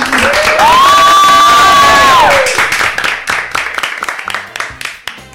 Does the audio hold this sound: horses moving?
no